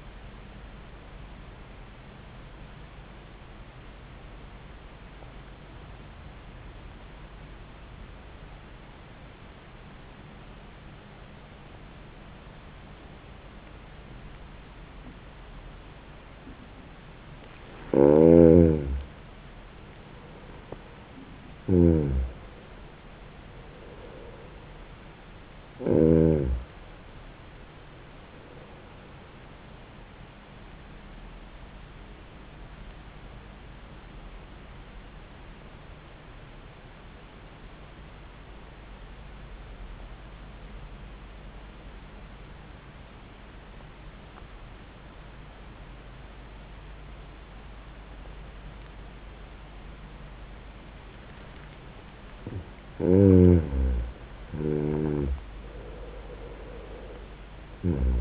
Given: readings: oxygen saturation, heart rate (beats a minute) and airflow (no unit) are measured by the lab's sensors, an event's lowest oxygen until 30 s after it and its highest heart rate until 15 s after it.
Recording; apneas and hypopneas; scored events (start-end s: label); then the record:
breathing in sleep by a voice recorder at the bedside; 2
4.00-18.60 s: obstructive apnea (N1, oxygen 96% highest, then 88% lowest, heart rate 77 at the start, 83 highest)
34.00-52.40 s: obstructive apnea (N1, oxygen 96% highest, then 85% lowest, heart rate 74 at the start, 83 highest)
From the record:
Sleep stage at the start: N1 (lightest sleep); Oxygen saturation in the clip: 88 to 96%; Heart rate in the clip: 69 to 83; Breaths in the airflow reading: 5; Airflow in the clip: -8.0 to 7.1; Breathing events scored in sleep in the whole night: 400 in 8.7 hours asleep